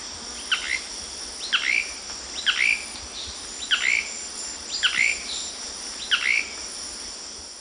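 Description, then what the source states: Blue-crowned manakin song: six short, sharp chirping notes, one roughly every second, over a steady high insect drone. South America, eastern lowlands.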